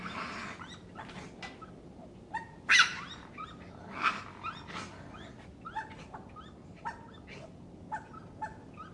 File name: Wildbruecke Welche Geraeusche macht der Waschbaer